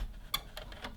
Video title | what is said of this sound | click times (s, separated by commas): Trying to FIX - Bang & Olufsen Beocord V8000 VCR Video Player | I seem to annoyingly have locked it into place. | 0.3 s